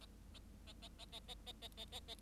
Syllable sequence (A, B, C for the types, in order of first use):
A A A A A A A A A A A A